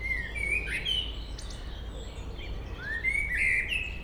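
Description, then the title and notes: Common blackbird song: two melodious whistled phrases, rising and warbling, with thin high squeaks between them. Local blackbird singing along Chemin des cris, Chindrieux, France. "Chemin des cris, 73310 Chindrieux, France - Merle. Un beau chant de merle local"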